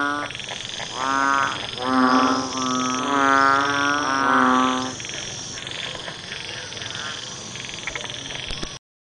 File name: เสียงอึ่งอ่างร้อง